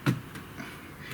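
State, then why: Released. A plastic snap clip on a laptop's bottom cover is worked loose while going around the edge of the plastic case. It releases with a sharp pop at 0.1 s, followed by faint handling noise. The clip pops open.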